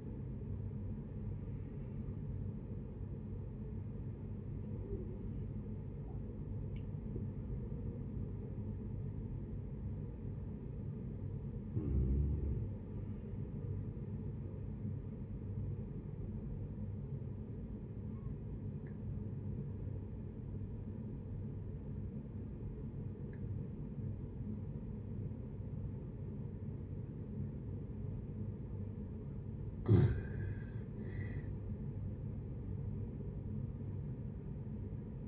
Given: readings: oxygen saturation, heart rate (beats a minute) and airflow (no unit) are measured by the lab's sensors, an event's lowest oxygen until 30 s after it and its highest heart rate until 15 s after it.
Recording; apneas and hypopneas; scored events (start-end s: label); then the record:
breathing in sleep by a smartphone at the bedside; 1
17.00-28.60 s: obstructive apnea (N1, oxygen 96% highest, then 85% lowest, heart rate 67 at the start, 73 highest)
From the record:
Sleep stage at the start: N1 (lightest sleep); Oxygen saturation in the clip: 70 to 96%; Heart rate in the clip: 65 to 80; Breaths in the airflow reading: 4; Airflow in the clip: -11.6 to 12.4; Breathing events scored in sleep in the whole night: 496 in 5.4 hours asleep